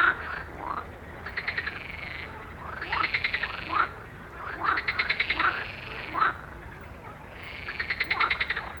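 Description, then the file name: Frog chorus of pulsed trills and croaks coming in waves over a constant background of softer calling. "Sodros Frog Chorus"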